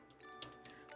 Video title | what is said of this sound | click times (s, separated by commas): Gundam Universal Century 058 - RX-110 Gabthley [1/144][HG][Bandai] #plamo #live #gunpla | I think it's supposed to lock into place here | 0.4 s